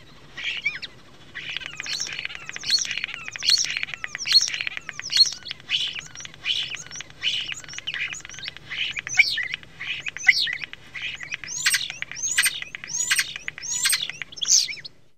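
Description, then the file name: Common starling singing a dense, varied medley of chattering notes, buzzy rattles and clear whistles, with sliding high whistles repeated near the close. "KOTTARAINEN"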